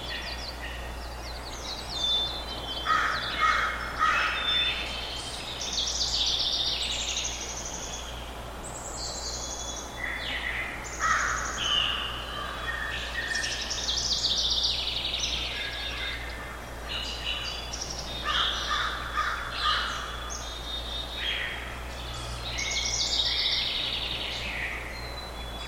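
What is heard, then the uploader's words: Dawn chorus in a semi-rural backyard: several birds sing overlapping bright phrases throughout, over a steady low hum in the background. Backyard dawn chorus. Birdsong early in the morning recorded in a semi-rural backyard in Tiny, Ontario. Recorded by Anton Pickard.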